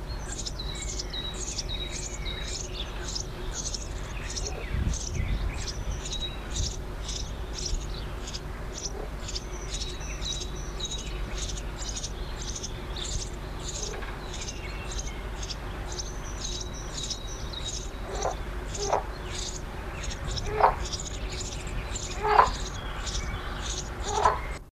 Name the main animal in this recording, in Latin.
Passer montanus